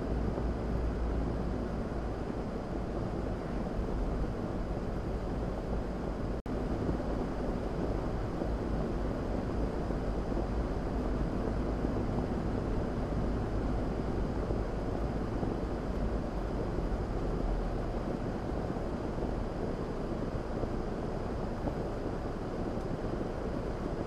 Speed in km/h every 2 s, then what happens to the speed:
56, 52, 53, 53, 52, 53, 52, 45, 37, 24, 18, 5.
0-12 steady at about 53. 12-24 brakes to 5.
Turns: none.